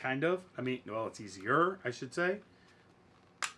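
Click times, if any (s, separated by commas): 3.4 s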